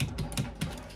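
A torque wrench set to 12 Nm tightens the cylinder head nuts of a Derbi 2-stroke engine in a crosswise pattern, and it clicks at its setting at 0.0 s. Several softer sharp ticks follow at about 0.2, 0.3, 0.4 and 0.6 s. The nut is confirmed tight.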